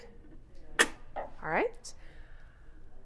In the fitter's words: You turn your hand wheel towards you, and these tubes are going to engage. You'll hear them click.